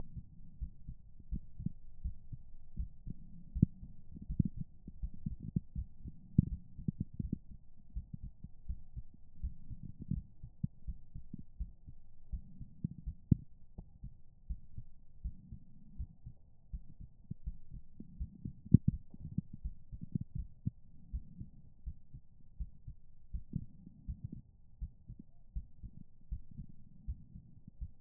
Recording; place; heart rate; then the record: heart sounds by stethoscope; pulmonary valve (PV); 80 bpm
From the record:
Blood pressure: 133/77 mmHg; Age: 36 years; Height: 163 cm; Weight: 85 kg